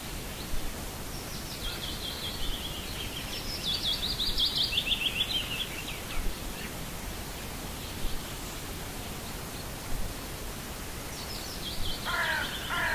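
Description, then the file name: Bird song, short bursts of high rapid trilling separated by quieter gaps, over steady background hiss. "Nature Sounds - Little Birds"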